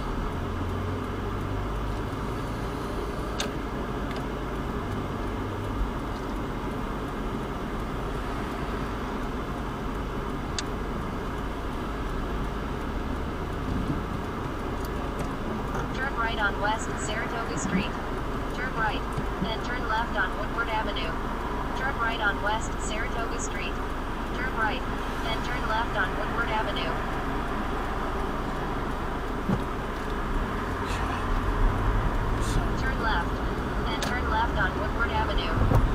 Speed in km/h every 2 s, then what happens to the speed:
11, 16, 23, 16, 5, 3, 0, 0, 0, 0, 0, 0, 0, 0, 0, 3, 11, 18.
0-5 speeds up to 23. 5-12 slows to 0. 12-29 standing. 29-36 pulls away to 18.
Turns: none.